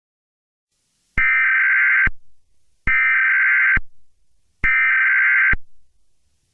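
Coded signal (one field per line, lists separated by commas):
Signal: Emergency Alert System (SAME) tones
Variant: header bursts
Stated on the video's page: April Fools prank EAS scenario.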